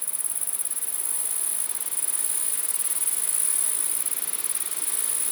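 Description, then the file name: Grasshoppers stridulating, an unbroken shrill hiss with slight pulsing, over a low wash of rustling background. Several grasshoppers recorded in windy conditions. "grasshoppers in the wind"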